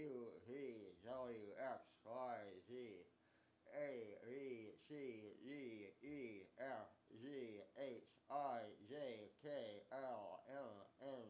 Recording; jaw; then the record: letters of the alphabet, spoken; constrained by a bite bar between the teeth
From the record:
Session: first day, right after the free take